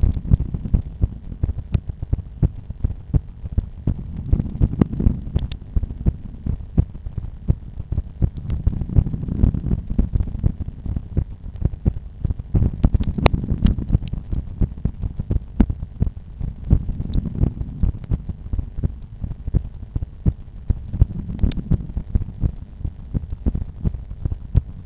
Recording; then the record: heart sounds by stethoscope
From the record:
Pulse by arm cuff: 83 bpm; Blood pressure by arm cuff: 133/90 mmHg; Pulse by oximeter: 89 bpm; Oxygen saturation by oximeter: 99%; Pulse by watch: 86 bpm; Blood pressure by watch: 114/75 mmHg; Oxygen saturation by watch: 97%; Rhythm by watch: sinus rhythm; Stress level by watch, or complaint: low stress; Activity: after 5 min smoking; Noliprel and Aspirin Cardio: no pills today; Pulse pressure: 43 mmHg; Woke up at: 7:00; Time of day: 8:30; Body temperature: 36.6 C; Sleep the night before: 8 h 5 min, score 54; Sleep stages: REM 28%, light 57%, deep 5%, awake 10%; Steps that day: 9800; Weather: cloudy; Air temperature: 15.9 C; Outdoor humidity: 92%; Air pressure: 1011 hPa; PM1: 5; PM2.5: 8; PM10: 10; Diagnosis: hypertension, treated with Noliprel and Aspirin Cardio 100 mg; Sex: male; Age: 53 years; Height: 174 cm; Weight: 81 kg